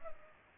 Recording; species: mosquito wingbeat signal from an infrared sensor; Culex pipiens